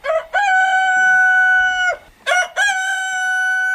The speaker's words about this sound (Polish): Najlepszym tego przykładem jest rodzina ze wsi Rożków. Uciekinierzy z miasta donieśli na koguta, bo piał o 3 nad ranem.